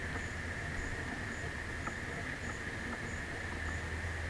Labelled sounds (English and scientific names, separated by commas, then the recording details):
none
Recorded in secondary vegetation near Puerto Asís, Putumayo, Colombia, on 13 March 2025 at 13:30
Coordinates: 0.498, -76.327
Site G001